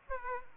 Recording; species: mosquito wingbeat signal from an infrared sensor; Aedes aegypti